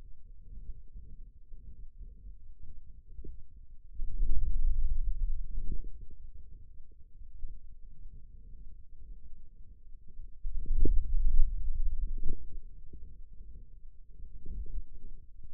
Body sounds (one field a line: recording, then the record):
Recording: forearm muscle sounds (acoustic myography)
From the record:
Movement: hand closing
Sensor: system 2, bracelet of six BSWA MPA416 microphones around the upper forearm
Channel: 1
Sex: male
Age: 22 years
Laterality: right